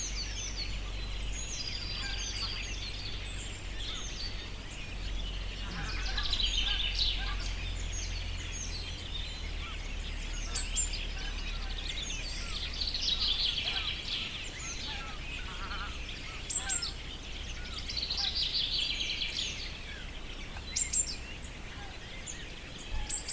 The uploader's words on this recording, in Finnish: Linnun laulua keväisessä metsässä Saimaan rannalla. Huhtikuun puolessa välissä pieni metsikkö Saimaan rannalla on vielä lehdetön. Peipot laulavat etualalla ja äänitteessä kuuluu myös ainakin tiaisia, lokkeja, kyyhkyjä, variksia, yli lentäviä hanhiauroja ja yksinäisiä kurkia.